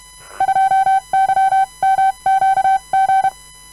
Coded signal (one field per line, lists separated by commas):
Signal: Morse code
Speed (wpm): 31 wpm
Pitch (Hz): 770 Hz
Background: none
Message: 2YMQG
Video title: Edy Boget de YB1JCD sending random morse code all characters, numbers and punctuation